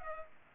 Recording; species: mosquito wingbeat signal from an infrared sensor; Culex pipiens